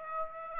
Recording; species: mosquito wingbeat signal from an infrared sensor; Aedes aegypti